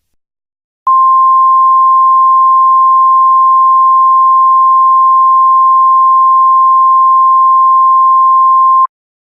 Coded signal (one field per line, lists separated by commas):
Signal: Emergency Alert System (SAME) tones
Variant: 1050 Hz attention tone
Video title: EAS Scenario: Pet Semetary